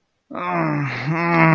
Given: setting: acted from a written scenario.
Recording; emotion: vocal sound without words; shame